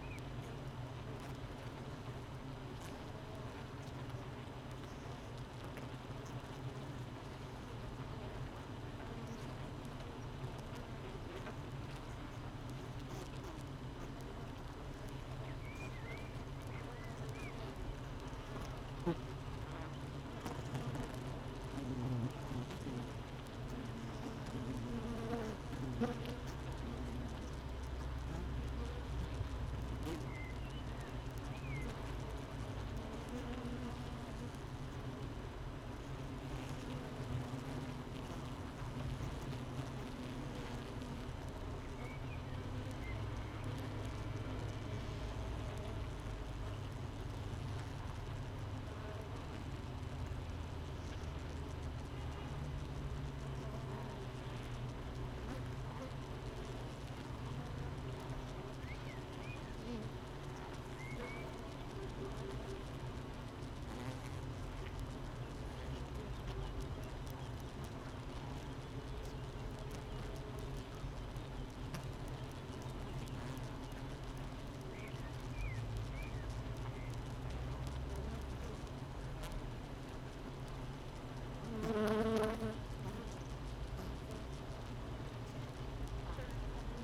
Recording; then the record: honeybee colony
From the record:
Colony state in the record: missing queen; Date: 31 May 2018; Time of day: 7:46